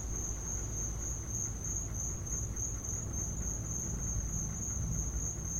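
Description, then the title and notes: Crickets calling, a continuous high-pitched trill that never breaks, over a low background rumble. Crickets in a back yard. "These are the crickets in my back yard."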